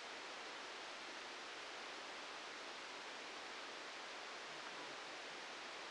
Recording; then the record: brain microelectrode recording played as sound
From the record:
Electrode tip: outside the subthalamic nucleus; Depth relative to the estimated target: 2 mm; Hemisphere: left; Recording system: NeuroSet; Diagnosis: Parkinson's disease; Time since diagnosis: 7 years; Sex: male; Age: 44 years